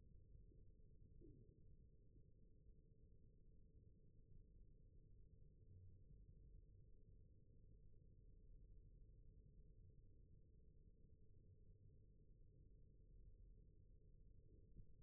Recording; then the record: forearm muscle sounds (acoustic myography)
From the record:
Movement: rest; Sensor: system 1, eight BSWA MPA416 microphones around the upper forearm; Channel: 1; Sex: male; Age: 21 years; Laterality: right